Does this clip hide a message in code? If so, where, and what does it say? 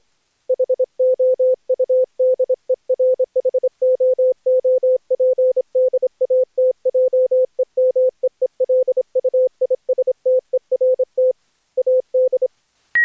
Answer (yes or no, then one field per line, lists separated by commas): yes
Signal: Morse code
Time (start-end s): 0.5-12.5 s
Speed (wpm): 27 wpm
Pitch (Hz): 510 Hz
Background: none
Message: HOU DER HOOP DAT JE MEELUISTERT AD